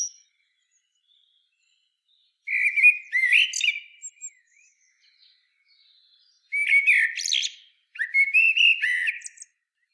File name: Turdus merula